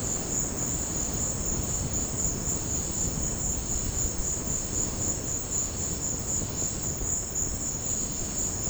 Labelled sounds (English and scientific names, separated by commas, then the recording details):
none
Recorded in dense forest near Puerto Asís, Putumayo, Colombia, on 13 March 2025 at 16:30
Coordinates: 0.500, -76.322
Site GP06